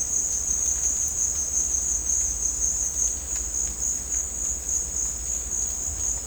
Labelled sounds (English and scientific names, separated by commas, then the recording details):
none
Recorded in dense forest near Puerto Asís, Putumayo, Colombia, on 21 December 2024 at 15:30
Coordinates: 0.466, -76.327
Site G075